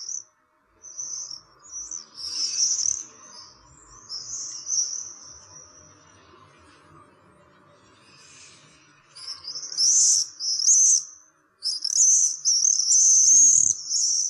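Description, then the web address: Common swift screams, shrill buzzy bursts in short volleys, with a quiet gap midway before a further run of screeching calls. "fuglelyder taarnseiler"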